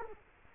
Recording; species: mosquito wingbeat signal from an infrared sensor; Culex quinquefasciatus